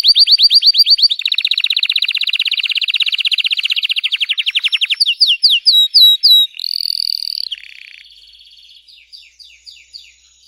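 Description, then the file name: Canary (Belgian, red frosted): canary song: rolling trills, a run of sharp downslurred whistles, a buzzy high note, then fading soft twitters. Belgian canary, red frosted variety. "canto do canario belga vermelho nevado"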